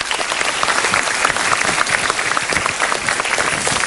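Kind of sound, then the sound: crowd, audience applause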